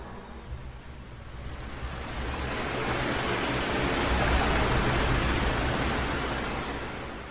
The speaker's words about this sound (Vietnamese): Nước ở hai bên mạn thuyền lại nổi gợn sóng lăn tăn lần nữa.